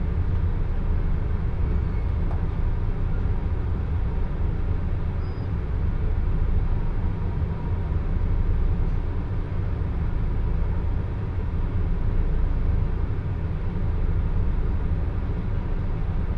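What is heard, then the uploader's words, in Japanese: A local train on the Joban Line rolls along with a steady, heavy low rumble that fills the whole 16 seconds. The loudness barely shifts, with a dense rushing roar on top and a few faint whines or tones threading through the middle. 耳で楽しむ鉄道旅 常磐線普通 石岡→土浦→取手。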